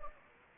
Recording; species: mosquito wingbeat signal from an infrared sensor; Anopheles gambiae